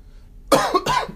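Two abrupt, harsh coughs come about a third of a second apart, each a loud burst with a rough voiced tail. They are forceful coughs from an unwell adult whose coughing has been giving him back pain, heard in a quiet room.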